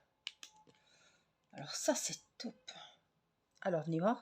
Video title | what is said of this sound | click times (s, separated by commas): ☀️unboxing trop trop intéressant ☀️vous allez être scotchés 🤪🤪🤪 💖 | va se clipser donc en bas du stylet | 0.3 s, 0.4 s